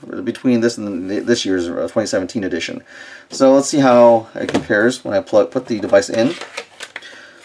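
Someone talks while a 2015 12.9-inch iPad Pro is pressed into the hard plastic shell of a Logitech Slim Combo keyboard case. A sharp snap at 7.0 s marks the first edge of the tablet clicking into the case corner, seating it.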